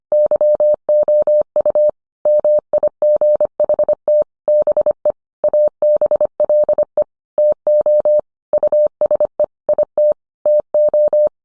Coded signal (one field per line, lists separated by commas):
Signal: Morse code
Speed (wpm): 25 wpm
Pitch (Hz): 600 Hz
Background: none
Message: YOU MIGHT BE ABLE TO USE IT TO